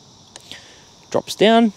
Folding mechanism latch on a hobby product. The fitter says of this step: move this the other way, simply unclicks,